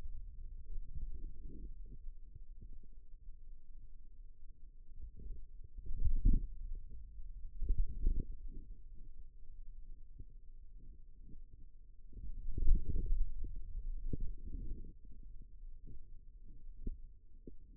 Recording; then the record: forearm muscle sounds (acoustic myography)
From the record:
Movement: pen grasping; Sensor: system 2, bracelet of six BSWA MPA416 microphones around the upper forearm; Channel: 4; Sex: male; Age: 22 years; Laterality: right